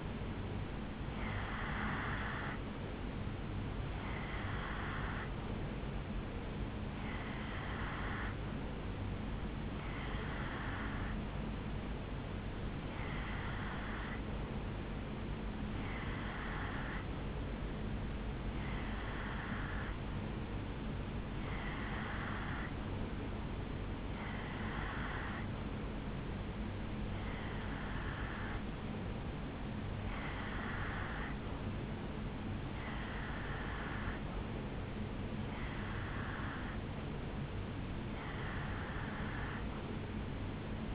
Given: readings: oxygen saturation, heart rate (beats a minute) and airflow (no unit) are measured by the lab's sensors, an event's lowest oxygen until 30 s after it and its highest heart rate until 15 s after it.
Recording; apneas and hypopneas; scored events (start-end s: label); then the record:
breathing in sleep by a voice recorder at the bedside; none
none scored
From the record:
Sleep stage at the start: N2 (light sleep); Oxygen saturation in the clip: 89 to 90%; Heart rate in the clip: 72 to 76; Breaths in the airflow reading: 14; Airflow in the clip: -4.0 to 2.7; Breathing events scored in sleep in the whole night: 449 in 7.0 hours asleep